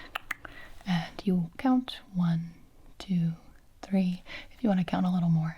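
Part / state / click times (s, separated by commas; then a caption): epinephrine auto-injector pressed against the outer thigh / seated / 0.3 s. An epinephrine auto-injector, possibly a trainer pen, is pushed with its orange tip against the outer thigh or hip until it fires. Three sharp hits sound at about 0.2, 0.3 and 0.5 seconds, and the loudest, at 0.3 seconds, is the click of the pen firing. Afterward someone talks in a whisper.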